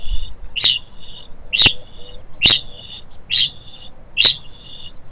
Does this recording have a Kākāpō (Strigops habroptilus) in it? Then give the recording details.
yes. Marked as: faintness 2/5. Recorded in New Zealand. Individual Stumpy